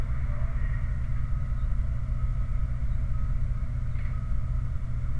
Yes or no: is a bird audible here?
yes